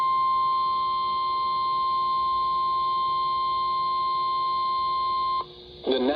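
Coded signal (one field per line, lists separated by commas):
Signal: Emergency Alert System (SAME) tones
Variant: 1050 Hz attention tone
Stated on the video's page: Severe thunderstorm warning broadcast on a NOAA weather radio station.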